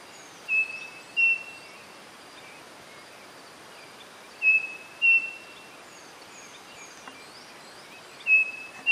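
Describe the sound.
Bird whistles, pure steady notes given in pairs, each pair separated by a few seconds of quiet.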